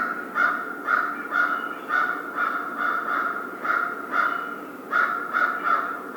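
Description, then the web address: American crow cawing repeatedly, a series of harsh nasal notes with short pauses between them. Recorded 1 February 2010. "Crow 2010 02 01 American Crow"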